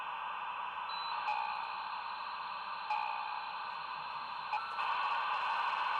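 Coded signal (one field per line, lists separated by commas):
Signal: dial-up modem handshake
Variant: 56K modem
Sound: continuous harsh broadband modem hiss with a few brief shifts in texture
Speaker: Sounded like we had a good solid connection with the POTS landline using the US external robotics modem, US robotics modem 56K. Okay, we're at 32K with POTS.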